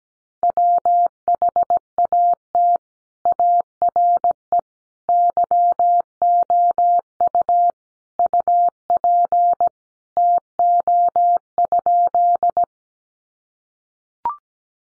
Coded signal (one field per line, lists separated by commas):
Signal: Morse code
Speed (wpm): 17 wpm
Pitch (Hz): 700 Hz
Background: none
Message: WHAT ARE YOU UP TO?